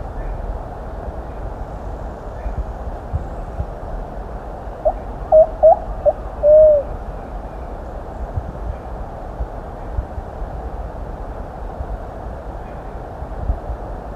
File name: canto da pomba amorgosa